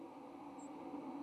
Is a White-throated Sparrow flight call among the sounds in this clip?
no